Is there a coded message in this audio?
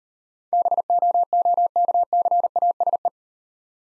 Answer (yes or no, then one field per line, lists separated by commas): yes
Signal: Morse code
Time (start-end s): 0.5-3.1 s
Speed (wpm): 39 wpm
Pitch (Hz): 700 Hz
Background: none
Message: BOOKCASE